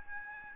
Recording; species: mosquito wingbeat signal from an infrared sensor; Aedes albopictus